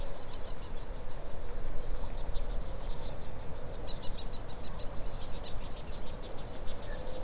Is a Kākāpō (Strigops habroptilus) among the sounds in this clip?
no